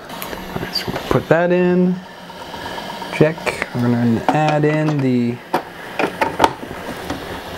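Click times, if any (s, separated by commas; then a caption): 6.4 s. A filament cartridge part is fitted into the cartridge bay and hub area of a 3D printer, a Cube 3 with an extruder hub. Someone talks, and a few sharp clicks follow. The part clicks into place and seats at 6.4 seconds.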